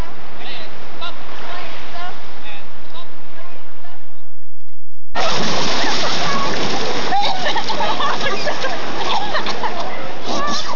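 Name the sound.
river water splashing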